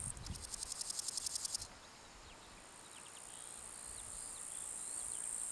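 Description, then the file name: Eurasian magpie, one dry rattling chatter of about a dozen quick pulses, then a steady high insect drone and faint small bird chirps. "Pica pica"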